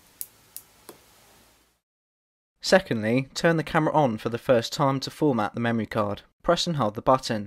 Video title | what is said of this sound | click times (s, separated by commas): RoadHawk Ride Promotional Video | use your fingernail or a pen to make sure it clicks into place | 0.2 s